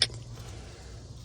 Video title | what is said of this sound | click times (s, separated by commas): Easy Way to Save Some MPG on A 550 Hp Cummins Kenworth W900 !! And our Batteries Die !! No Loads | sure it clicks | 0.0 s